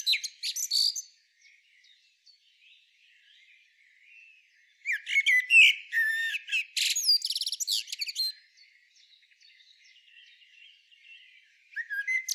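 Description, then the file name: Common blackbird song: a brief high twitter, quiet faint notes, then a dense three-second run of squeaky, rising and falling chirps and rattly notes. "Turdus merula"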